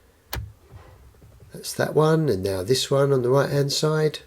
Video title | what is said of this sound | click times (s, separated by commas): Fiat 500 How to fold down rear seats to increase Fiat 500 luggage space | slide it down and you'll just hear it clicking to those divots | 0.3 s